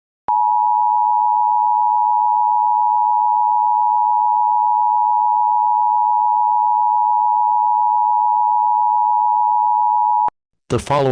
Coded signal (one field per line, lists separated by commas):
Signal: Emergency Alert System (SAME) tones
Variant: 853 and 960 Hz attention tone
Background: speech